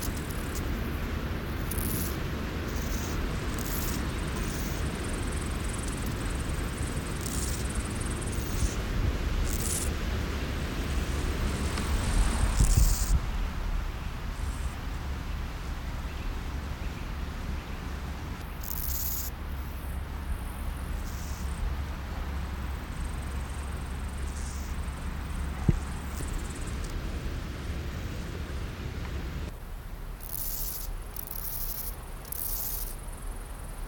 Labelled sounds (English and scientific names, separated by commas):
Steppe Grasshopper (Chorthippus dorsatus) stridulation